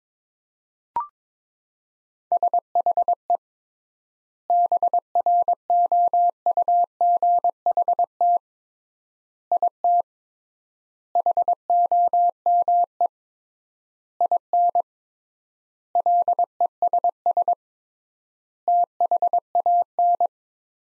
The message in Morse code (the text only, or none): SHE BROUGHT IT HOME IN LESS THAN